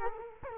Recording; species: mosquito wingbeat signal from an infrared sensor; Culex quinquefasciatus